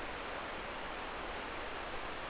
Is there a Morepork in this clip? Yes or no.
no